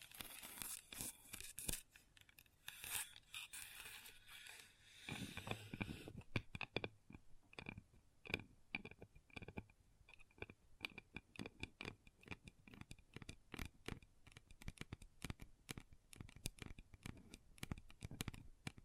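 Long fingernails tap and scratch across a table in quick, uneven clicks, with a denser scraping flurry early on, then sparser sharp taps.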